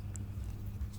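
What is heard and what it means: The plastic battery drawer, holding a new coin cell, is slid back into a 2019-on Mercedes Sprinter central-locking key fob and clipped fully in. A single sharp, bright click is heard at 0.2 s over a steady low hum. The drawer is seated.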